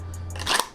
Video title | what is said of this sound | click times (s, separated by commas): We the People OWB Holster Review | holster fits in has a nice click | 0.6 s